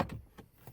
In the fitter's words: just snapped in place so it should come out pretty easily and